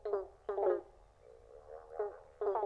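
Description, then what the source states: Pobblebonk frogs giving a few resonant plunking notes in short clusters, separated by brief quieter gaps. Frog chorus.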